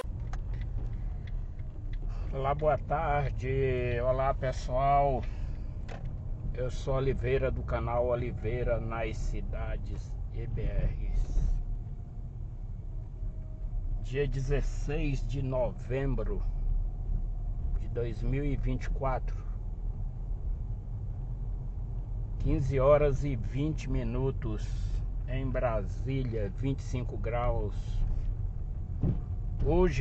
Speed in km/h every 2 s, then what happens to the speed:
10, 10, 13, 16, 15, 14, 13, 14, 15, 17, 17, 17, 16, 16, 15.
0-30 steady at about 15.